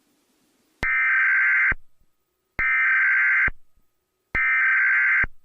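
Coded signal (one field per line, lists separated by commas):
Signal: Emergency Alert System (SAME) tones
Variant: header bursts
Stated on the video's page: Fictional EAS scenario for entertainment, not a real alert.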